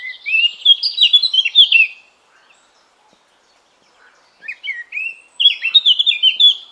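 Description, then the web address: Eurasian blackcap singing two warbled phrases of slurred whistles, with a quiet gap between them. "cianscape birddata Deverinetal 2025"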